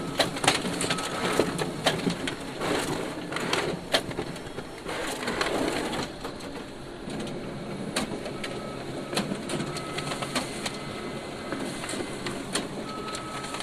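A laser printer and photocopier run with a steady mechanical whir, broken by frequent sharp clicks and clacks, busiest in the first few seconds. A few brief high beeping tones sound around the middle and near the end, while the machine hum continues underneath.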